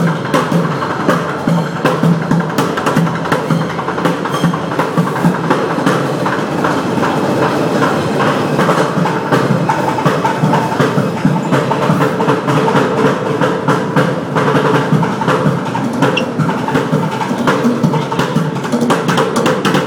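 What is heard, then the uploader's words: A drummer at a 14th Street station plays a dense, rapid stream of hits, steady in loudness for the whole stretch over a low rumbling din. Drummer at 14th St station by Bougie.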